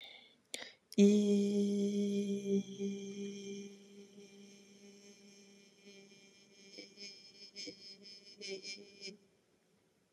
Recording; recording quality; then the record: sustained vowel as in beet; excellent, no background noise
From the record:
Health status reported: healthy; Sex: female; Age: 37 years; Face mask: not worn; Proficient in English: yes